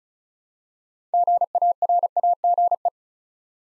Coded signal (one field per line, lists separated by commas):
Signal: Morse code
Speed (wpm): 36 wpm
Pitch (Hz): 700 Hz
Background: none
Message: GARAGE